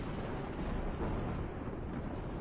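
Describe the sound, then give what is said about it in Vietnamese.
A thunderclap from a lightning bolt striking a freshly built grave rolls out as a loud, continuous low rumble. A deep crackling roar holds steady for a couple of seconds without fading, with no voices. “Thằng Tân, thằng Minh là hai thằng ra về cuối cùng, còn đang lần trần nghe tiếng sét thì ngoái lại nhìn.”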